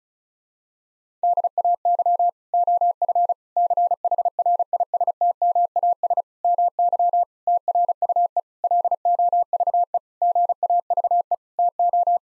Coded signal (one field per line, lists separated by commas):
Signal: Morse code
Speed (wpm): 34 wpm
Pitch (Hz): 700 Hz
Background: none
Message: DAY OF CHRISTMAS MY TRUE LOVE GAVE TO